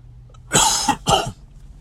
It's a dry cough. It's an allergy cough. It's not a smoker's cough. It's not a COVID cough.